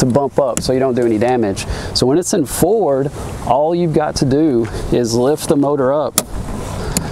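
Someone talks as a Mercury/Tohatsu 6 HP four-stroke outboard motor is lifted by hand on its tilt bracket. At 7.0 s, a single sharp click sounds as the shallow-water tilt lock engages and seats the motor in the shallow-drive position.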